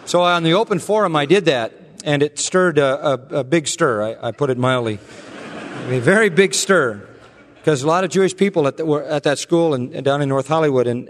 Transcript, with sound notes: So on the open forum, I did that. It stirred a big stir. I put it mildly. (Laughter) A very big stir, because a lot of Jewish people are at that school and down in North Hollywood.